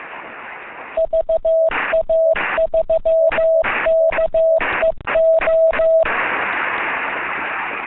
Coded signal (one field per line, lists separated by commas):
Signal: Morse code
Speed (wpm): 15 wpm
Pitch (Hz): 650 Hz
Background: none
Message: VA3KEO